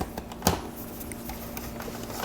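The plastic top half of a Blueair air purifier is set back on its base and twisted until it sits in place. A few faint taps and scrapes lead to a sharp hit at 0.5 s as it seats, followed by quieter handling sounds over a steady low hum.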